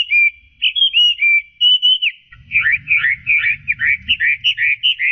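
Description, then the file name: Chinese hwamei song: loud, clear whistled phrases sliding between notes, then a faster run of rich, warbling, varied notes, with a low hum underneath. "audio kicauan burung hwamei. omkicau"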